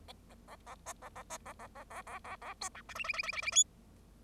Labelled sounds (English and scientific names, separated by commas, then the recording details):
Bengalese Finch (Lonchura striata domestica) song
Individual Bird0